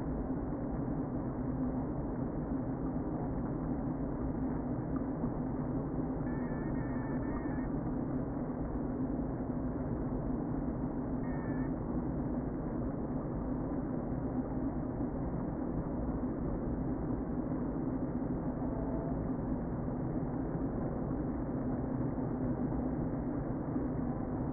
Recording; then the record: honeybee colony, microphone inside the hive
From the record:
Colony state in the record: queen present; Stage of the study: before two queens were removed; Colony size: about 60,000 bees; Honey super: yes